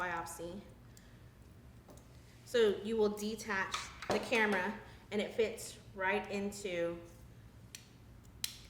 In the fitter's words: hear it click you